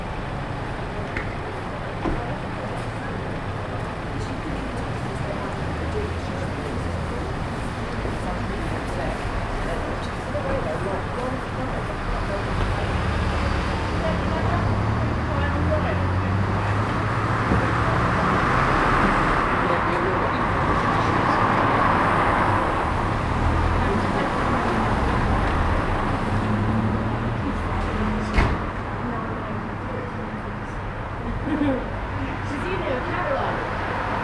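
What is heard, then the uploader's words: Traffic passes on the street outside a small bar while people gather and talk across the road. A steady, dense murmur of voices and low road rumble runs throughout, swelling slightly around the middle as a vehicle goes by, with a sharp click near 28 seconds. Street bar. Captured on a Friday evening on the street outside a small bar. Traffic is passing by as people are gathering in a bar opposite.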